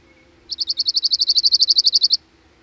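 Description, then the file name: Cirl bunting song: a rapid rattle of about twenty identical high notes on one pitch, lasting under two seconds. "Cirl Bunting (Emberiza cirlus)"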